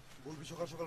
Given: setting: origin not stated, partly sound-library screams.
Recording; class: one-second piece from a danger detection set; normal situation